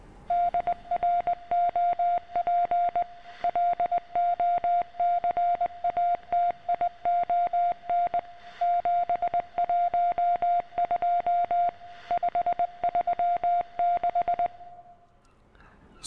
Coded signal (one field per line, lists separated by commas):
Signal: Morse code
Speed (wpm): 20 wpm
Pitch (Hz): 700 Hz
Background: radio noise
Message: DROP LOCATION 712 536